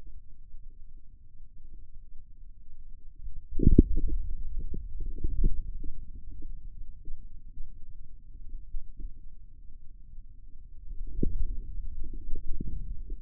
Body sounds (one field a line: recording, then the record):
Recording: forearm muscle sounds (acoustic myography)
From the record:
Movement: inward rotation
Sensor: system 2, bracelet of six BSWA MPA416 microphones around the upper forearm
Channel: 2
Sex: male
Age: 22 years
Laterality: right